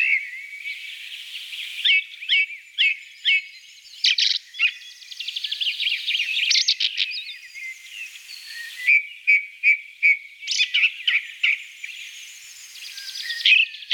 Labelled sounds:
Ring Ouzel (Turdus torquatus) song
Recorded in the wild
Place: Kandel /Schwarzwald; Waldkirch, Baden-Württemberg, DE
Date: 1983-06-04
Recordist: Schwarz, Dieter

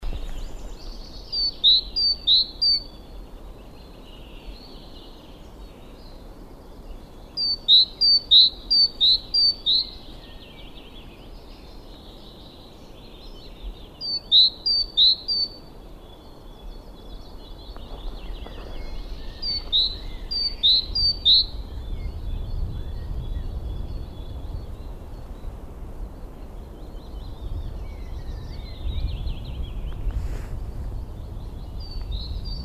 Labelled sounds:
Great Tit (Parus major) song, Willow Warbler (Phylloscopus trochilus)
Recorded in the wild
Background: Phoenicurus phoenicuris, Phylloscopus trochilus
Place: Schönow, Naturpark Barnim, Brandenburg, DE
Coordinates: 52.6842, 13.5008
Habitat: decidous forest
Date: 2013-05-01
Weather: sunny, windless, 10°C
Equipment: Sound Devices 702, Sennheiser MKH 70, Rycote Windschutz
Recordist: Frommolt, Karl-Heinz
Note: Naturschutzgebiet Schönower Heide: Gesang einer Kohlmeise

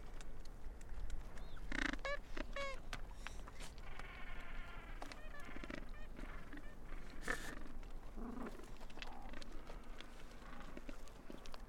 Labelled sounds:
Gentoo Penguin (Pygoscelis papua) call
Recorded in the wild
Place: Port Lockroy (Damoy Point), Antarctica, AQ
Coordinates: -64.49, -63.29
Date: 2018-12-27
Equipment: Olympus LS-100, Sennheiser ME66
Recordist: Beaulieu, Michaël

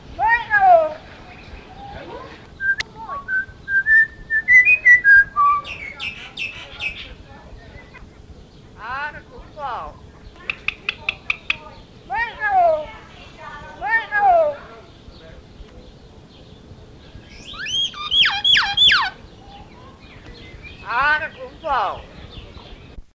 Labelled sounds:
Common Hill Myna (Gracula religiosa)
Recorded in captivity
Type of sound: call, imitation
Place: Artis Zoo, Nordholland, NL
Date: 1976-09-08
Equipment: Halbspur, 9,5 cm/s
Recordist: Lütgens, Hans
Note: Rufe, Imitation

